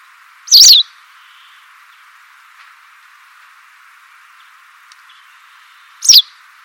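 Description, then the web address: White wagtail calls: two short, high, sharp chirps about five and a half seconds apart, with quiet steady hiss between them. "cianscape birddata Deverinetal 2025"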